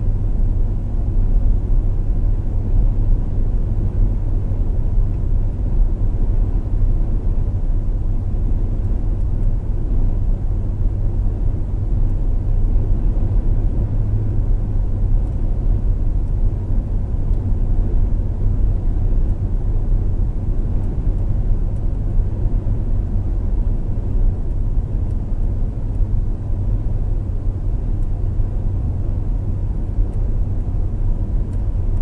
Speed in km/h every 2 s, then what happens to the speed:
127, 127, 127, 127, 127, 127, 127, 127, 127, 127, 129, 129, 129, 129, 129, 129.
0-32 steady at about 127.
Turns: none.